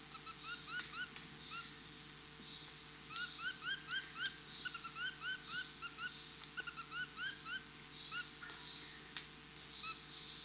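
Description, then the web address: Dull-capped attila calling in quick runs of short, rising whistled notes, grouped in bursts. Peru. "Birds of the Amazon. Dull-capped Attila (Attila bolivianus), Peru"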